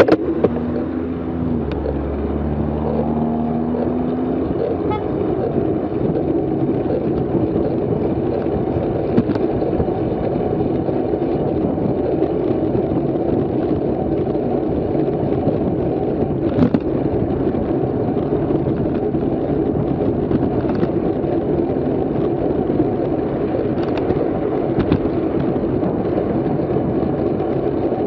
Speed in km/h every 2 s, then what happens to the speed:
21, 24, 27, 30, 31, 33, 33, 32, 32, 30, 31, 32, 32, 31.
0-11 speeds up to 33. 11-28 steady at about 32.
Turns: none.